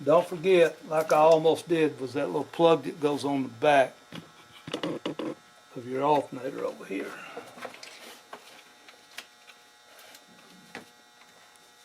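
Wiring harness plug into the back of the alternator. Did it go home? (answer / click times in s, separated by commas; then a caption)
no / none. Someone talks while handling the wiring harness plug that goes on the back of a replacement AC Delco 145 amp alternator on a 2003 Chevrolet 1500 Silverado truck. After the talk, a series of short, sharp knocks and taps is heard as the plug is handled, followed by quieter handling noise over a low hum. Nothing has seated or clicked into place yet.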